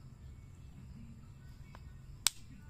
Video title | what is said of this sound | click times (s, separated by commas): #diy redmi note 9a paano tanggalin ang back case | Ayan, nagklick na. | 2.3 s